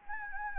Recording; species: mosquito wingbeat signal from an infrared sensor; Anopheles gambiae